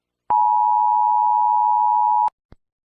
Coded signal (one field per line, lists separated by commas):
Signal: Emergency Alert System (SAME) tones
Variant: 853 and 960 Hz attention tone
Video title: rating eas alarms last one is SCARY 😨